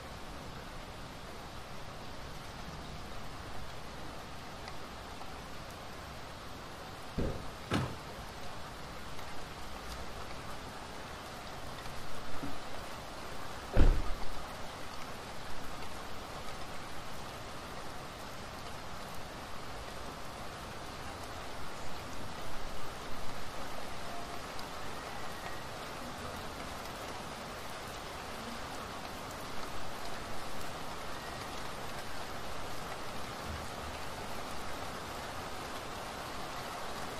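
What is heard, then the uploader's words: Steady rain hisses evenly throughout, a dense patter with no pauses. Two sharp cracks stand out, one near seven seconds and a louder one around fourteen, likely thunder, while a low rumble swells and fades in the background. Thunderstorm. Gewitter. As soon as spring arrived, there was already a thunderstorm. The thunderstorm and the rain.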